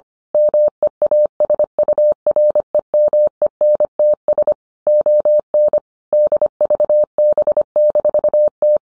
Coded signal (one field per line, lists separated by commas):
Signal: Morse code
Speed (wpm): 25 wpm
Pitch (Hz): 600 Hz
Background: none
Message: MEASUREMENTS ON DVB-T